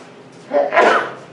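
A single human sneeze, a quick sharp intake followed by a loud explosive burst, heard on its own against a low background hiss.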